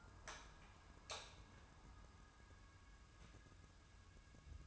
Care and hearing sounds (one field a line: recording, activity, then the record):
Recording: daily activity, microphone in the room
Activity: light on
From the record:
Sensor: 2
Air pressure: 994.2 hPa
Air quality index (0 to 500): 216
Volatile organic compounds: 1000 ppm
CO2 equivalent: 7160 ppm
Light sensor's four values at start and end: 137/328/139/144 and 144/349/147/152